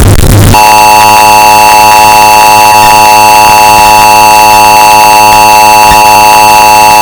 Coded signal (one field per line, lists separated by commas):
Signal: Emergency Alert System (SAME) tones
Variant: 853 and 960 Hz attention tone